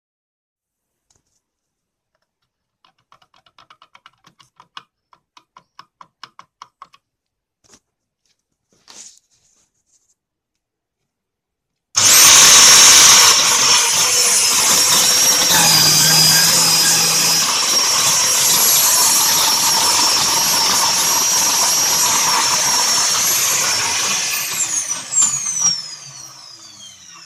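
A vacuum cleaner motor switches on abruptly at twelve seconds and roars steadily and brightly, after sparse soft clicks and taps, then winds down near the end.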